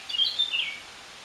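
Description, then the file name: Eurasian blackcap giving a brief burst of bright warbled notes, lasting under a second, then quiet. "Sylvia atricapilla"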